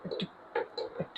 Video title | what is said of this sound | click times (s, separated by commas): MSI PRO MP225 Review (Best for Editing & Creative Work) - Dual monitor setup | click sound হয়েছে। | 0.6 s